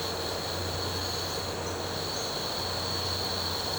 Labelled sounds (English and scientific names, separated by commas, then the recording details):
none
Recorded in pastures near Puerto Asís, Putumayo, Colombia, on 9 March 2025 at 10:00
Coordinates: 0.466, -76.322
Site CSA-02